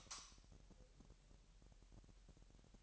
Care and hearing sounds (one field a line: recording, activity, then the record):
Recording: daily activity, microphone in the room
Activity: light off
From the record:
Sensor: 3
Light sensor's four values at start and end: 11/29/12/12 and 6/13/5/5